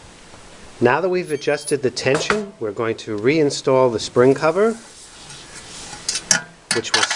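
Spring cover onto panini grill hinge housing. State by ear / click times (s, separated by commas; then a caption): seated / 6.3 s. Someone talks about a panini grill after adjusting the top plate spring tension, then the metal spring cover is reinstalled and pressed onto the hinge housing. A soft knock is heard at 6.1 seconds, then the cover snaps into place with a sharp metallic hit at 6.3 seconds, followed by more light handling sounds.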